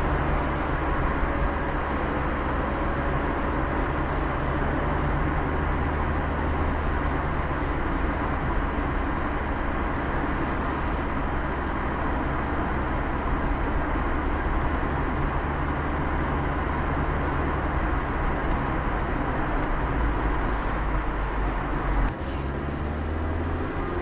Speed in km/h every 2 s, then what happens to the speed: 72, 72, 75, 75, 76, 76, 79, 78, 77, 79, 80, 79.
0-24 steady at about 76.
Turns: none.